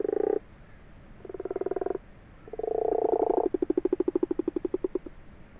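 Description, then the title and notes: Common frogs purring in pulsed bursts, ending in a long, clearly pulsed rattle with distinct beats. Common frogs purring in full daylight, 21 February 2020 at 12:45, abandoned water-filled wash house in a field, Fourcinet, Drôme, France; Nagra LB, binaural. "Ca roucoule dans le lavoir. 21 février 2020-12h45-Fourcinet - Drôme. roucouler les Grenouilles rousses (Rana temporia)"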